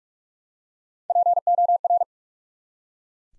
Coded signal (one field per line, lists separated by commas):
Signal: Morse code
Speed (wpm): 44 wpm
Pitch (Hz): 700 Hz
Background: none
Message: POR